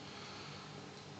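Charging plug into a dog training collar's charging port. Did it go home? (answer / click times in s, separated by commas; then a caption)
no / none. A charging plug is handled at the charging port of a rechargeable, waterproof 300 m dog training collar, behind the port's sealing cover, to be pushed all the way in until it clicks. Only steady, even broadband noise is heard with no distinct transients. Nothing has seated or clicked yet.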